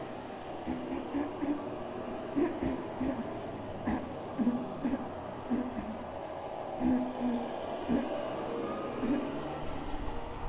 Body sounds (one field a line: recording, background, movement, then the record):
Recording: throat clearing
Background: traffic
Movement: sitting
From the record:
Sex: female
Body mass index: 36.4 kg/m2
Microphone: on the chest, facing outward